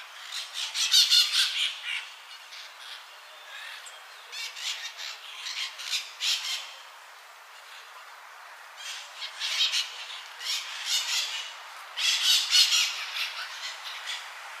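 Bird giving harsh, irregular squawks and chatter in scattered bursts, some fainter between louder groups.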